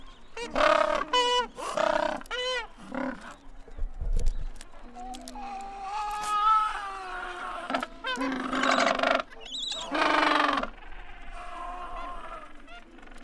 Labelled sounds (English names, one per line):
Gentoo Penguin call